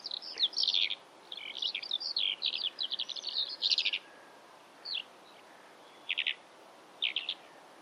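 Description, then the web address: Bird calls: a fast jumble of chirpy twittering notes for four seconds, then short separated trills and chirps over a steady hiss of background noise. "Deverinetal. Bird Only"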